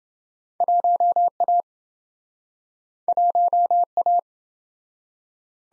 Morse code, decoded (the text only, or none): 1A 1A